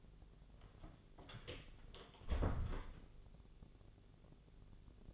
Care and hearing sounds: daily activity, microphone in the room; close door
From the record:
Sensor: 4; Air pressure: 1001.2 hPa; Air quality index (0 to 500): 183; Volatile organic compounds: 2 ppm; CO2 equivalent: 1310 ppm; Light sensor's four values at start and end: 14/33/14/14 and 16/38/15/16

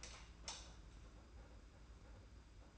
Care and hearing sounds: daily activity, microphone in the room; light on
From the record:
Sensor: 2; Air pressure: 991.8 hPa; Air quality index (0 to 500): 230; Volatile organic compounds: 1000 ppm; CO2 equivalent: 7725 ppm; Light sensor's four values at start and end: 11/27/10/10 and 11/27/10/10

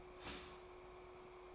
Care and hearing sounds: daily activity, microphone in the room; start toaster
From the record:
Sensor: 1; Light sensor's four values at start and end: 5/13/4/5 and 5/13/4/5

